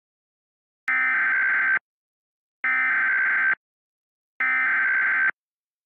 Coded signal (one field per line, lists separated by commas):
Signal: Emergency Alert System (SAME) tones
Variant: header bursts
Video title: Wow! Wow! Wubbzy! (EAS Scenario)